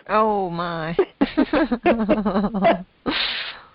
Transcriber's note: laughter